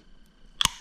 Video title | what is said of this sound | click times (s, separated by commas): KTM 250 SX REBUILD - Ep. #14 Replacing Air Filter Box! Installing Subframe! (detailed assembling) | make sure that it snaps | 0.7 s